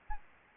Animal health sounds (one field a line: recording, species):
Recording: mosquito wingbeat signal from an infrared sensor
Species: Aedes albopictus